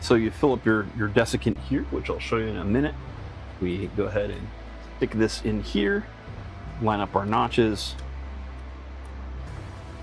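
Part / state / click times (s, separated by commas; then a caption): desiccant cap into filament dry box / not seated / none. Someone talks while a plastic desiccant cap is filled with desiccant and pushed into a 3D-printed filament dry box, its notches lined up for a twist-lock, over a steady low hum. Nothing has clicked or locked into place yet.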